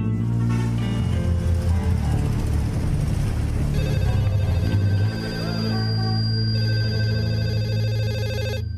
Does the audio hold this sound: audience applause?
no